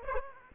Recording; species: mosquito wingbeat signal from an infrared sensor; Aedes aegypti